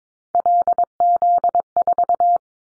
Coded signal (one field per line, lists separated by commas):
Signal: Morse code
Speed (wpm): 22 wpm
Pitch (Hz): 700 Hz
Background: none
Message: LZ4